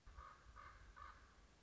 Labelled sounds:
Common Raven
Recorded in Sonoma County, California

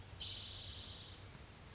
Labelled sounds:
Spotted Towhee
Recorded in Sonoma County, California

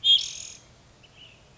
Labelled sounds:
Ash-throated Flycatcher
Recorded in Sonoma County, California

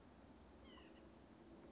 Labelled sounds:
White-breasted Nuthatch
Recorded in Sonoma County, California

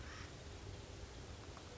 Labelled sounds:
Acorn Woodpecker
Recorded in Sonoma County, California

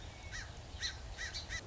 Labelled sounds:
Song Sparrow
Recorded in Sonoma County, California

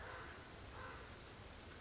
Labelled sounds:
Brown Creeper
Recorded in Sonoma County, California

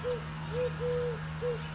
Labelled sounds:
Eurasian Collared Dove
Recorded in Sonoma County, California

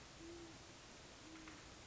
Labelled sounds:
Great Horned Owl
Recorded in Sonoma County, California

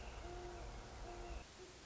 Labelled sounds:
Great Horned Owl
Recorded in Sonoma County, California

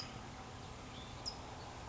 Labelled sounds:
California Towhee
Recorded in Sonoma County, California

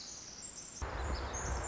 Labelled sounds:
Pacific Wren
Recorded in Sonoma County, California

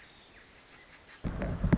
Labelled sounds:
Pacific Wren
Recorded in Sonoma County, California

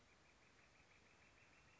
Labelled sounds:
Northern Flicker
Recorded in Sonoma County, California

